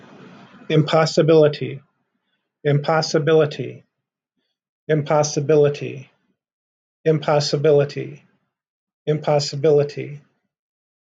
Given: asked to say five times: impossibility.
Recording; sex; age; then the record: repeated word; male; 50 to 59 years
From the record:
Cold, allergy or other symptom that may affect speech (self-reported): no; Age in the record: 59 years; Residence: Ohio, United States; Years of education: 12